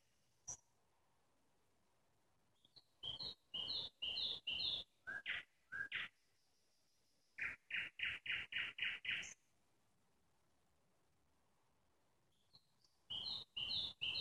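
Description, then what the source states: Nightingale song with rapid repeated high double notes, swooping phrases, then a long burst of loud chook notes, a pause, and another high run. Nightingale singing in the Parus garden community, Moscow region (Podmoskovye).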